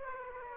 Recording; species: mosquito wingbeat signal from an infrared sensor; Aedes aegypti